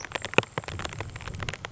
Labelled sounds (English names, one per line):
Grasshopper Sparrow